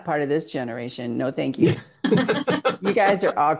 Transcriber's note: laughs